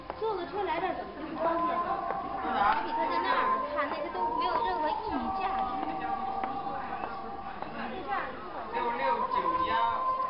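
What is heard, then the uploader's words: Recorded music with a female singer plays in the background of a busy restaurant, her sustained, wavering notes holding steady over the full ten seconds. Overlapping conversation and chatter sit on top throughout, fairly dense and constant, with occasional louder voices. Recorded music (female singing) playing in the background at a restaurant in central Beijing, China. Music in restaurant.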